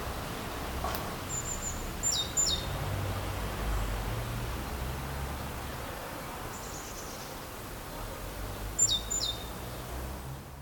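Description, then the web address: Great tit with a few short bursts of faint, high two-part notes against a soft rushing background and low rumble. "SETE Parus major"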